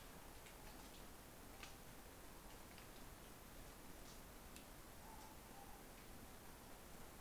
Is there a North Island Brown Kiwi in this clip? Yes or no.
no